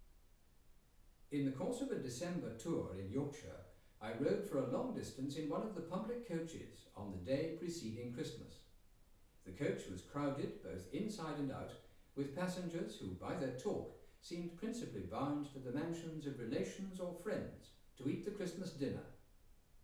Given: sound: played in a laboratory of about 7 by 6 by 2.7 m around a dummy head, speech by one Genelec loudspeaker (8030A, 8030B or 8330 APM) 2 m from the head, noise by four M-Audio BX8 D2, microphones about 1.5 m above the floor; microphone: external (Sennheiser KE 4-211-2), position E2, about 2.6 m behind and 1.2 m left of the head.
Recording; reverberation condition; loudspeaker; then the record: male speech in English; medium; 30 degrees to the right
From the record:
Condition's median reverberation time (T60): about 510 ms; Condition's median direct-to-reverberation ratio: about -0.5 dB